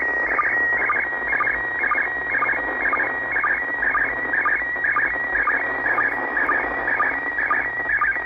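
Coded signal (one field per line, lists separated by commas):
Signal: SSTV (slow-scan television)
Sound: warbling, scratchy tones between mid and high pitch, with a short low chirp twice a second, under hiss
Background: radio static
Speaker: it's a low noisy but we're coding some images it's not far from the beginning of the picture here so that's not that it's not too noisy got some really deep fades here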